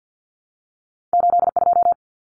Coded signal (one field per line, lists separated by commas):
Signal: Morse code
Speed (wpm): 48 wpm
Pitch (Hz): 700 Hz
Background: none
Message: 82